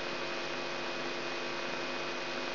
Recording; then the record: brain microelectrode recording played as sound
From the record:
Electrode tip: outside the subthalamic nucleus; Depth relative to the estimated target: -3 mm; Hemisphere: right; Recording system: AlphaMap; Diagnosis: Parkinson's disease